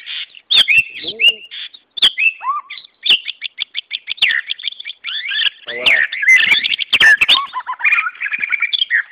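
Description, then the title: White-rumped Shama song: high, dense twittering and whistled notes with clicks, almost continuous, rising and falling quickly throughout. "murai batu"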